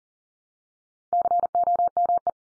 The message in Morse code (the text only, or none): COME